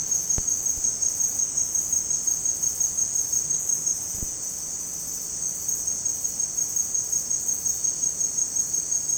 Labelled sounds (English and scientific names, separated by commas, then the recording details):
none
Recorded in secondary vegetation near Puerto Asís, Putumayo, Colombia, on 27 June 2025 at 16:00
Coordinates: 0.484, -76.319
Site G074